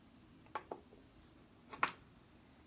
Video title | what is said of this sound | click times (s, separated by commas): Focal Sub 6 be installation and set up with Mogami cables | a little tab right there that's a lot more secure connection and you'll hear the snap right | 1.8 s